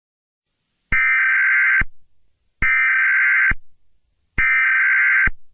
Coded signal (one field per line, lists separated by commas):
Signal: Emergency Alert System (SAME) tones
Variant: header bursts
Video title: Eas Scenario 022 - Invasion of the Multiverse